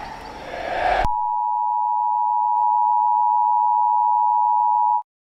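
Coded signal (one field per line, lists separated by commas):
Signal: Emergency Alert System (SAME) tones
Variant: 853 and 960 Hz attention tone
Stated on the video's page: Fictional EAS scenario using valid EAS tones.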